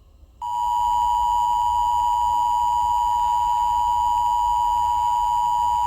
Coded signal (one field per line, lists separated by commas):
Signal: Emergency Alert System (SAME) tones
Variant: 853 and 960 Hz attention tone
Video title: EAS SCENARIO 1: Inner Flame Candle Invasion